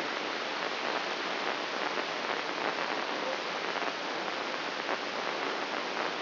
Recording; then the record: brain microelectrode recording played as sound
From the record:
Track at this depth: outside the subthalamic nucleus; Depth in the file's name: 7.26 mm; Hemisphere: left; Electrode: 3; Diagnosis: Parkinson's disease